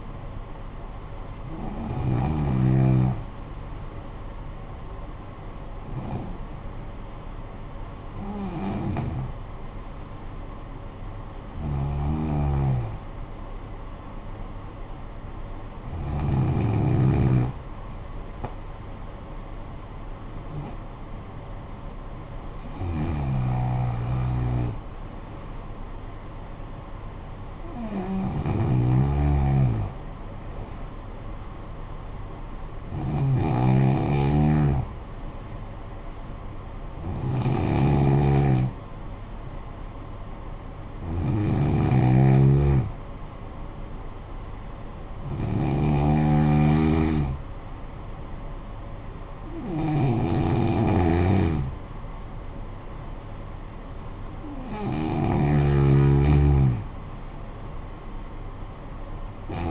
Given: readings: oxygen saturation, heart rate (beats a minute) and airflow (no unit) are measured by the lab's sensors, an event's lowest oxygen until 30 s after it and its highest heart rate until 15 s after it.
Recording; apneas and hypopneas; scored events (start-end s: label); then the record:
breathing in sleep by a smartphone at the bedside; 1
11.00-27.30 s: hypopnea (N2, oxygen 95% highest, then 92% lowest, heart rate 53 at the start, 59 highest)
From the record:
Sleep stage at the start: N2 (light sleep); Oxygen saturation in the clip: 92 to 95%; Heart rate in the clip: 52 to 59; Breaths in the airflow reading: 14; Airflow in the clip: -10.1 to 9.5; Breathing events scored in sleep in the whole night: 445 in 7.6 hours asleep